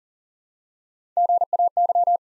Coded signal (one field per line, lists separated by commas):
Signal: Morse code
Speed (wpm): 38 wpm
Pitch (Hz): 700 Hz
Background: none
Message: GAY